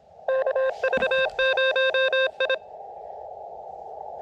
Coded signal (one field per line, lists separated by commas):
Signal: Morse code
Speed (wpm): 24 wpm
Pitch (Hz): 530 Hz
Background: none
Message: KV0I